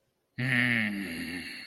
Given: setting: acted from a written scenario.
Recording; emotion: vocal sound without words; anger